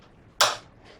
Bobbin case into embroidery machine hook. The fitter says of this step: hear it click in